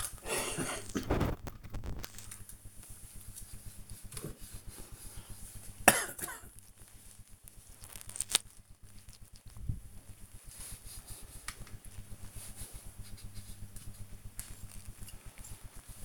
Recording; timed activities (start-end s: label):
household activities, microphone on the right wrist
0.00-16.05 s: dusting model cars